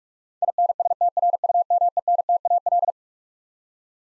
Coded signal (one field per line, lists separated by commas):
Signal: Morse code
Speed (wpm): 46 wpm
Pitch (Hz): 700 Hz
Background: none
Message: INSTRUMENTAL